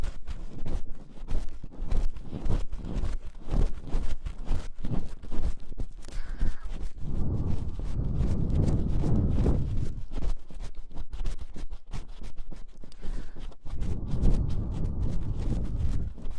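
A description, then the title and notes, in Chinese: Ear massage and ear cleaning: rapid, dense scratchy rubbing for six seconds, then steady low blowing around eight seconds and again near the end. 耳朵按摩+吹气+掏耳。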